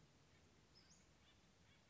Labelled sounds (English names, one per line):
Western Flycatcher